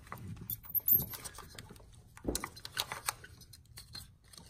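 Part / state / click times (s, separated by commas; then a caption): wiring harness connector onto ignition coil / not seated / none. A wiring harness's plastic electrical connector with a yellow locking tab is handled at a Bosch ignition coil from an Alfa 4C, fitted on a Fiat 1.4L turbo engine with Brisk spark plugs. Soft rustling, scraping and light tapping handling noises are heard, with a couple of sharper ticks near 2.8 and 3.1 seconds. The connector has not seated or clicked into the coil yet.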